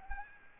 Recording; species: mosquito wingbeat signal from an infrared sensor; Aedes aegypti